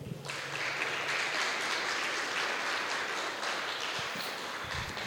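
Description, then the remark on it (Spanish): Sustained audience applause at a conference, a dense steady wash of many hands clapping for the women who ran the workshops of the gathering. It starts abruptly and holds at an even, fairly loud level for about five seconds with no speech. “Entonces quiero pedirles un aplauso para todas las compañeras que han hecho un gran esfuerzo por hacer los diferentes talleres que le dan cuerpo a este encuentro.”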